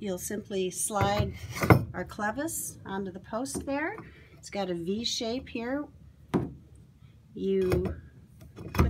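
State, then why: Seated. Someone talks while sliding the clevis mount of a Versa Adaptive Kayak Paddle onto the post of a kayak track, with a sharp sound at about 6.3 s. The mount snaps into place with a quick double click at 8.8 s, seating it on the post.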